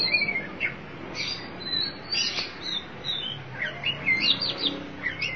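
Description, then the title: Oriental magpie-robin song of short slurred whistles and chirps. Chirping song (kicauan) of the bird. "Suara Kicauan Burung Kacer Durasi Panjang"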